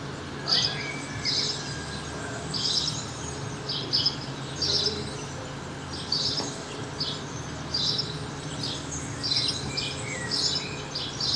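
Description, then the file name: House sparrow calls: many rasping chirps at irregular intervals, over low hum and constant background noise. "Passer domesticus"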